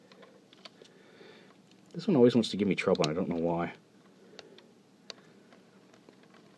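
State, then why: Not seated. A plastic arm part is worked against the body of a FansToys FT-03 Quake Wave transforming robot figure, a stubborn part that often gives trouble. Small handling clicks and ticks come and go, someone talks from about 2.0 to 3.7 s, and brief sharp ticks follow at 4.4 and 5.1 s. Nothing has seated or snapped into place yet.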